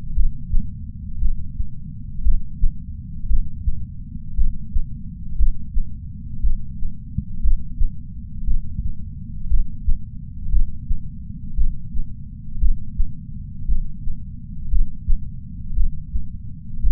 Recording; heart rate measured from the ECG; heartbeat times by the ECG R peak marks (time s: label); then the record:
heart sounds by patch sensor on the chest; 58 bpm
0.14 s: heartbeat
1.19 s: heartbeat
2.23 s: heartbeat
3.28 s: heartbeat
4.36 s: heartbeat
5.37 s: heartbeat
6.41 s: heartbeat
7.42 s: heartbeat
8.45 s: heartbeat
9.48 s: heartbeat
10.50 s: heartbeat
11.55 s: heartbeat
12.60 s: heartbeat
13.66 s: heartbeat
14.70 s: heartbeat
15.75 s: heartbeat
16.81 s: heartbeat
From the record:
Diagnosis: coronary artery disease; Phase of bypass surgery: preoperative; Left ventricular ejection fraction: 63.3%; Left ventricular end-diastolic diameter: 44 mm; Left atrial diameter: 35 mm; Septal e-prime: 7 cm/s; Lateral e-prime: 10.5 cm/s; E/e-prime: 9.8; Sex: female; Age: 68 years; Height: 161 cm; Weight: 66.6 kg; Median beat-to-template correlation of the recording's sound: 0.94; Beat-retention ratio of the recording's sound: 0.99